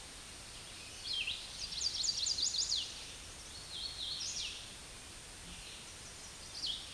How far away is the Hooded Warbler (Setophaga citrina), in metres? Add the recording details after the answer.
about 25 m. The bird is about 5 m above the microphone. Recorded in a Pennsylvania forest on 16 May 2024 at 09:36. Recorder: AudioMoth, point MSD-2163. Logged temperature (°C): 16.1 °C. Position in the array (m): 166 m, 114 m